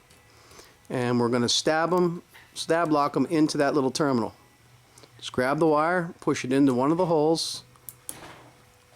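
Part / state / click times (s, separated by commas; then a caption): stripped wire into push-in wire connector / seated / 7.9 s, 8.1 s. A stripped black copper wire is pushed into one hole of a push-in (stab-lock) wire connector while wiring a recessed light, as someone talks. Two sharp clicks are heard at 7.9 s and 8.1 s as the wire goes in and seats in the connector.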